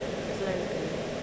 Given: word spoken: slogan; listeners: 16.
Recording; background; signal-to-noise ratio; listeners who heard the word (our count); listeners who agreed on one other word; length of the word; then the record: one English word in noise, from a listening test; speech-shaped noise; -4.7 dB; 2 of 16; 6 of 16; 0.83 s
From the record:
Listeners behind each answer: 6, 2, 2, 1, 1, 1, 1, 1, 1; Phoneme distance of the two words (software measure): 27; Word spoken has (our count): 2 syllables, 6 phonemes, stress on syllable 1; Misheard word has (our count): 2 syllables, 5 phonemes, stress on syllable 1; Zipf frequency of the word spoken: 3.65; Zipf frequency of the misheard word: 4.57